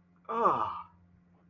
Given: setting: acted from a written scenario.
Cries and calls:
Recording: vocal sound without words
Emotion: disgust

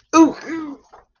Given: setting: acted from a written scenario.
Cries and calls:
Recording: vocal sound without words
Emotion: fear

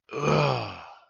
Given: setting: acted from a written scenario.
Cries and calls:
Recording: vocal sound without words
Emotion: realization

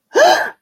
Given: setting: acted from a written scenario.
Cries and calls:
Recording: vocal sound without words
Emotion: distress

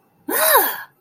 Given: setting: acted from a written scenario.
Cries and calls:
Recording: vocal sound without words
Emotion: fear

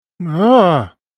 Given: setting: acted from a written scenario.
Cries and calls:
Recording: vocal sound without words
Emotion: fear

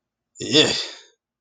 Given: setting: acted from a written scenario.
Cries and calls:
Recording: vocal sound without words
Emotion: disgust

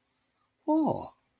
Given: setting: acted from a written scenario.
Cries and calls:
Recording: vocal sound without words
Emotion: positive surprise

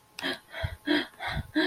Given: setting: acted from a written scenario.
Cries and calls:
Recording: vocal sound without words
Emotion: distress

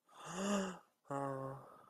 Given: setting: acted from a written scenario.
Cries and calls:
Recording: vocal sound without words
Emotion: romantic love

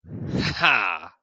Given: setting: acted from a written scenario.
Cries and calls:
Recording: vocal sound without words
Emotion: elation

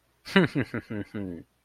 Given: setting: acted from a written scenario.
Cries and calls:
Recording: vocal sound without words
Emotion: realization

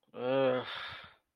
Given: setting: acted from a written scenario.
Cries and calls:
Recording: vocal sound without words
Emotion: disgust

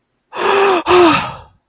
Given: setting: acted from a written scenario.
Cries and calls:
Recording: vocal sound without words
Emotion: negative surprise

